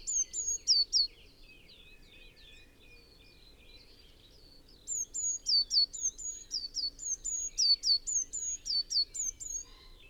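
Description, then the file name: Eurasian blue tit with high, thin, downward-hooked notes, a short burst at the start then a longer rapid series of many notes. "Cyanistes caeruleus"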